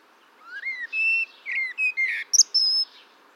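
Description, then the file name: Eurasian blackbird song: a slurred rising whistle, steady fluted notes, then two sharp high squeaks and a thin drawn-out whistle. "Turdus merula"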